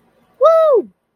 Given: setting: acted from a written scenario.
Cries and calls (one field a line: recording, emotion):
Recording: vocal sound without words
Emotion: triumph